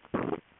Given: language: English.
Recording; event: throat vibration sensor signal played as sound; swallow